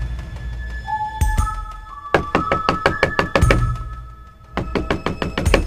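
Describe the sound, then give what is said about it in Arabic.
Someone knocks on a bathroom door over and over in loud, rapid bursts: a couple of heavy thumps, then a long flurry of quick raps, a pause, and another hurried series. “فضل يخبط على الباب.”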